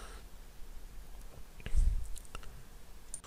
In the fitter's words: with a click sound the bottom joy liner all of a sudden